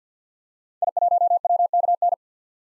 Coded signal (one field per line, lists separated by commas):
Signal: Morse code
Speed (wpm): 50 wpm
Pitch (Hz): 700 Hz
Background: none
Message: I1WKN